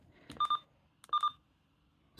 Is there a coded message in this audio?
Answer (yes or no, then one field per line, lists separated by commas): no